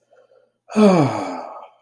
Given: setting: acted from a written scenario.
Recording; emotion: vocal sound without words; serenity